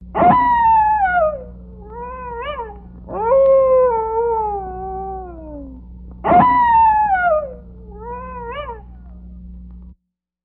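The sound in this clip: Coyote howling, long falling wails alternating with short rising yips, the pattern repeating after about six seconds, over a low steady hum.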